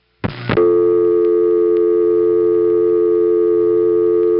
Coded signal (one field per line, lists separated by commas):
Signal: telephone call progress tone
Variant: North America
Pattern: dial tone